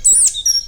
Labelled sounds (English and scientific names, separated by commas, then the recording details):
Stitchbird (Notiomystis cincta) song
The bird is a male
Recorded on Tiritiri Matangi Island, New Zealand, in 2005
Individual 17, of nest box 25